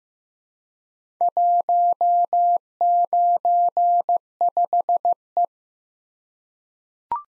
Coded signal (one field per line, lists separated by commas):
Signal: Morse code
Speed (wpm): 15 wpm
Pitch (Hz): 700 Hz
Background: none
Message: 195E